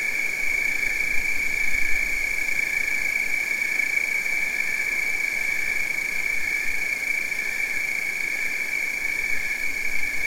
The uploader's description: the campfire crackles and nature’s nighttime metronome plays gently